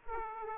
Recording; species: mosquito wingbeat signal from an infrared sensor; Aedes aegypti